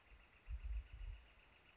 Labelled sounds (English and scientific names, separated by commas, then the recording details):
Northern Flicker (Colaptes auratus)
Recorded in Sonoma County, California